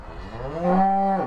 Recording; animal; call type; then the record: contact call of a hoofed animal; cattle; low-frequency (closed-mouth) or high-frequency (open-mouth) call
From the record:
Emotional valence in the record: negative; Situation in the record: full separation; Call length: 1.27 s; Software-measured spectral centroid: 970 Hz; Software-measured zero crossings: 1280 a second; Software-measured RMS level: -23 dBFS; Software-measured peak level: -8 dBFS